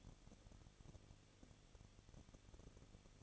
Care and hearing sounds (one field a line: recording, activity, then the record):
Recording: daily activity, microphone in the room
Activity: no activity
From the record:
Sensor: 4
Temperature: 23.1 degrees Celsius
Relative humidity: 34.3%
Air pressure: 1007.2 hPa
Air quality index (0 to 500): 216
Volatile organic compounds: 15 ppm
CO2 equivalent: 2500 ppm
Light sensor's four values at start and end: 2/3/1/1 and 2/3/1/1